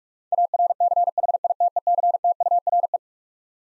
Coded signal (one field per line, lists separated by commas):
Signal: Morse code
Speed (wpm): 46 wpm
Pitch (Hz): 700 Hz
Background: none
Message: ARCHITECTURE